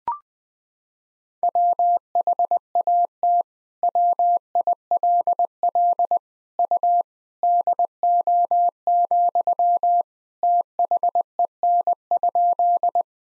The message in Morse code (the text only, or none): WHAT WILL U DO, THEN?